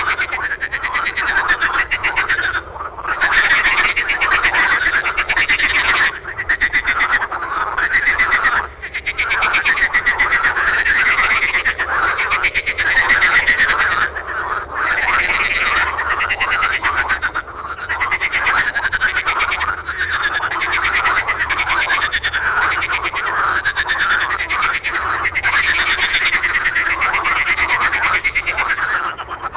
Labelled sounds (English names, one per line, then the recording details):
Marsh Frog call
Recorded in the wild
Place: Marburg, Hessen, DE
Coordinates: 50.8089, 8.7725
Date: 1964-05-10 21:35
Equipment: Uher Report 4000, AKG D190
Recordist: Krey, Winfried